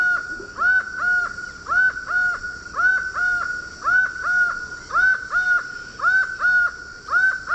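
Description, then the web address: Laughing falcon calling in a steady run of paired, hollow two-note phrases, each pair roughly once a second, mid-pitched and evenly repeated. Eastern lowlands of South America. "Natures Songs S America Eastern Lowlands. Laughing Falcon"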